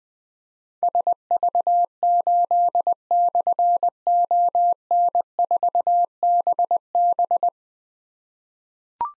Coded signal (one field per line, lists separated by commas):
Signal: Morse code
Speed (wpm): 21 wpm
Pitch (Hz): 700 Hz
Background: none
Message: SV8/ON4BB